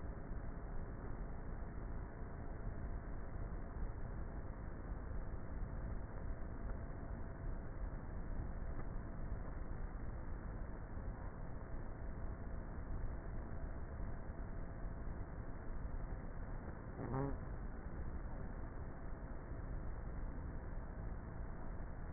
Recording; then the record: honeybee colony, microphone inside the hive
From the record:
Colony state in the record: queenless with a low population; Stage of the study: before two queens were removed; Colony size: about 30,000 bees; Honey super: no